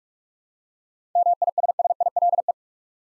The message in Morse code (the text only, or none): MISSILE